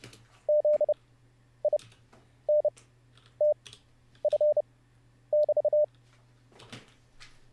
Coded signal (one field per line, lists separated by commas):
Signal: Morse code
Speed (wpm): 30 wpm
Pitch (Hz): 600 Hz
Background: none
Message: Z I N T F <BT>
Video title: How To Learn Morse Code LIVE with N0SSC (Day 7)